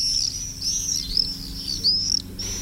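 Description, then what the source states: Common swift screams: long, thin, high shrieking calls rising and falling in waves, one after another, under a steady low hum. Declining pure insect-eater; arrives in April or May and leaves for Africa in July.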